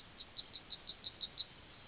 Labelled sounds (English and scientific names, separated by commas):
Yellowhammer (Emberiza citrinella) song